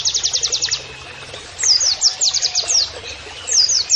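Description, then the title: Oriental white-eye song: quick run of high chips, a pause, then slower, spaced sweeping notes. Canary-like singing (kenarian), used in masteran training to teach song to caged birds; a vigorous (gacor) singer. "Pleci Gacor. MASTERAN PLECI NEMBAK KENARIAN"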